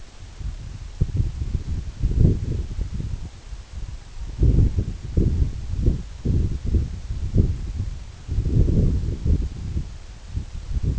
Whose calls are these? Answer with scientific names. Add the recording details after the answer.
none. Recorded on Arctic tundra, site EABA-1, on 26 June 2018. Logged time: 08:00